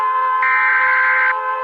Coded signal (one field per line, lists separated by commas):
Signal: Emergency Alert System (SAME) tones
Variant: header bursts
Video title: Reacting to EAS alarms 3!